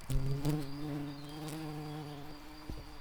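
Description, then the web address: White-tailed bumblebee buzz: a low, steady hum with rich overtones, louder at first and wavering briefly, then settling into an even drone. Queen. "Lucorum queens"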